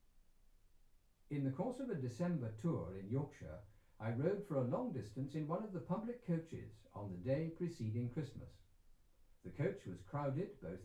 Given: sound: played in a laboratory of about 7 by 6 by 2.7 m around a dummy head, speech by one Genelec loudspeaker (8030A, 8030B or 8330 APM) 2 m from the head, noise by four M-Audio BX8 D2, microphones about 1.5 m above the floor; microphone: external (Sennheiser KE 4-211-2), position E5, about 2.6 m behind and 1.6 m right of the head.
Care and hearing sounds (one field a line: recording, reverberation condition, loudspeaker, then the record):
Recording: male speech in English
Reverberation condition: low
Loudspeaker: behind (180 degrees)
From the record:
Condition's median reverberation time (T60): about 310 ms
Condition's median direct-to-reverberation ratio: about 3.5 dB